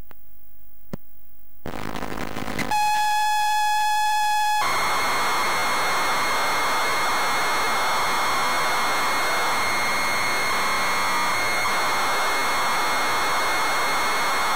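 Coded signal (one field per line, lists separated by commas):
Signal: ZX Spectrum tape loading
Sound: clicks and a hiss burst, a steady buzzy lead tone, then harsh screeching data noise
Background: tape hiss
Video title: Zx Spectrum Real Tape: Terrormolinos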